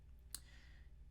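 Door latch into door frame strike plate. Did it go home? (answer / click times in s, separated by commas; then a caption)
yes / 0.3 s. A wooden door is pushed firmly shut over the rope anchor of a homemade suspension trainer, and its latch catches in the door frame strike plate with one sharp click at 0.4 s. The click rings briefly over a low steady hum, and the latch is seated so the door will not fly open.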